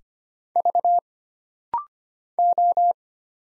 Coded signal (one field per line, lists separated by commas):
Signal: Morse code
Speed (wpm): 25 wpm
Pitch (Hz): 700 Hz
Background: none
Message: V O